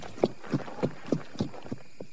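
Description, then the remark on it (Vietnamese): The hooves of two riders' horses clip-clop in a steady, even rhythm, about three beats a second. The hollow knocks grow softer toward the end as the horses move away. “Tiếng gió ngựa của hai người chạy xa dần.”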